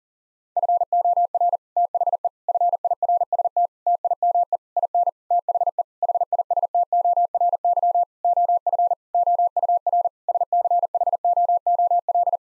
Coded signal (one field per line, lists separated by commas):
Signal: Morse code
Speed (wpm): 40 wpm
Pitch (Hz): 700 Hz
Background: none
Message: FOR THE FIRST TIME IN THE HISTORY OF OUR SCHOOL